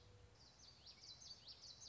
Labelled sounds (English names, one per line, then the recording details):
Common Yellowthroat
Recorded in Sonoma County, California